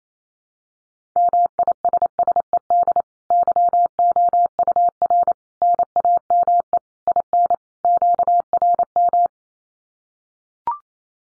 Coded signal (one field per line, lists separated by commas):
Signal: Morse code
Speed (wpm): 28 wpm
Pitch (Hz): 700 Hz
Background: none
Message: MISSED YOUR NAME IN QRM